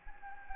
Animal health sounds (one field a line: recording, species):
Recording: mosquito wingbeat signal from an infrared sensor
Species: Anopheles gambiae